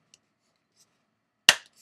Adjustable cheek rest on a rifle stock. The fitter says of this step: pull down on it to have it snap into place.